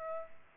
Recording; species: mosquito wingbeat signal from an infrared sensor; Aedes aegypti